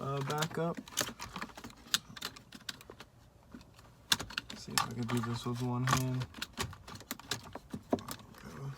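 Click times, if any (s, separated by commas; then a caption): none. A wiring harness connector is being reconnected by hand to the back of an infotainment head unit, slid up with one hand, while someone talks. Brief handling taps and rustles are heard throughout. The clip ends before the connector goes home, so nothing has seated or clicked yet.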